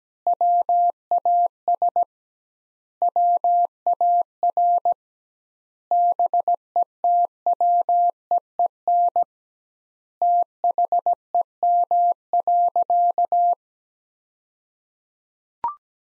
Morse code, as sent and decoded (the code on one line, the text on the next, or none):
.-- .- ... / .-- .- .-. / -... . - .-- . . -. / - .... . -- .-.-.-
WAS WAR BETWEEN THEM.